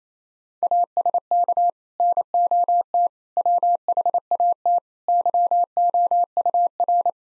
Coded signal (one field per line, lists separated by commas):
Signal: Morse code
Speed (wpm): 27 wpm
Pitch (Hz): 700 Hz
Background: none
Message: ASK NOT WHAT YOUR